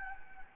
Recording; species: mosquito wingbeat signal from an infrared sensor; Anopheles gambiae